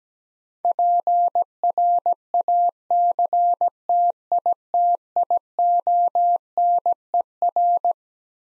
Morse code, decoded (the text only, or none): PRACTITIONER